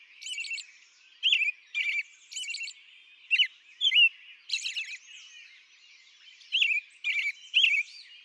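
American robin caroling, slightly softer at first, with clear rolling whistles and some high thin notes, phrases coming in small clusters separated by short silences.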